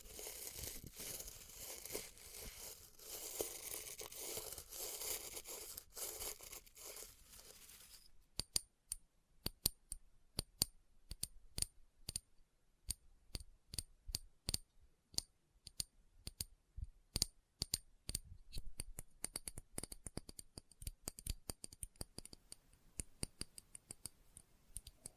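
Experimental triggers made with test tubes. For the first eight seconds a dense, steady, bright rustling hiss fills the sound, then it cuts off and gives way to sharp, crisp clicks and taps, irregular and often several a second, separated by near-silent gaps.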